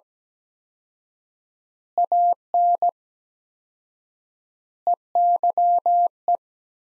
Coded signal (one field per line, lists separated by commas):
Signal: Morse code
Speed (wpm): 17 wpm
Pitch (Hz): 700 Hz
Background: none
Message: AN EYE